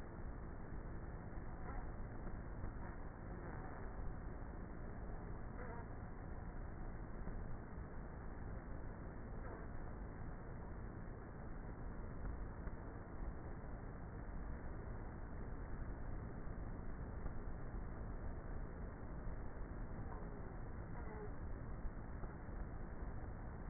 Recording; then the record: honeybee colony, microphone inside the hive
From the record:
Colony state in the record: queenless with a low population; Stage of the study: before two queens were removed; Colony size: about 30,000 bees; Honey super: no